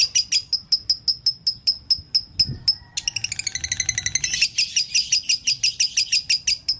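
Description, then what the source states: Canary song of steady high chipping notes that breaks into a faster, denser trill, then returns to steady notes. Canary song on a long-duration masteran (training track for songbirds).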